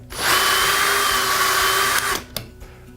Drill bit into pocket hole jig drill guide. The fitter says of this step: as you can see, the drill bit is now locked in place.